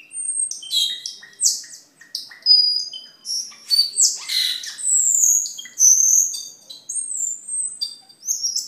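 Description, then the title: Hill myna song of loud piercing whistles mixed with scratchy chirps and brief rasping notes, some whistles held longer and slurred, in an irregular stream. "Suara Burung Cucak keling"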